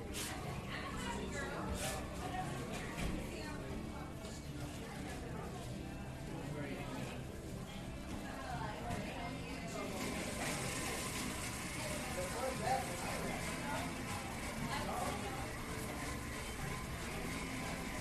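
Coffee shop ambience: many overlapping voices chatter steadily throughout, with no single speaker standing out. Occasional clinks and short sharp knocks punctuate the murmur, and a low rumble runs underneath. Around ten seconds the chatter grows slightly brighter and busier.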